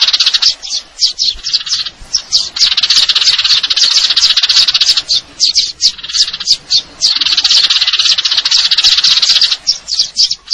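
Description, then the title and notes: Eurasian tree sparrow giving fast, high chirps in a continuous stream, with brief breaks every second or two. Fighting-type song with long trills and clear voice, used as a masteran tutor recording for contest birds. "GEREJA TARUNG NEMBAK PANJANG SUARA JERNIH MASTERAN WAJIB BURUNG LOMBA. Burung Gereja"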